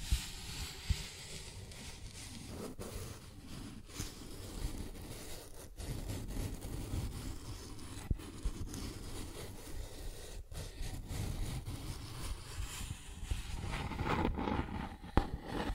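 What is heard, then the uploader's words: Continuous rough scratching and tracing on cardboard, dense and gritty, broken by a few brief pauses and occasional sharp clicks throughout. Cardboard Scratching, Tracing, Tearing.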